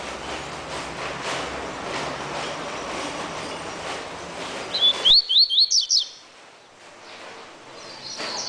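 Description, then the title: Double-collared seedeater song: one brisk run of high, slurred chirps after several seconds of loud noise that covers the first half of the recording. "Canto Coleiro"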